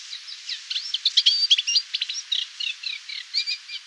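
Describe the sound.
Reed warbler singing a quick, grating chatter of varied notes, mixing harsh churrs with short whistled slides.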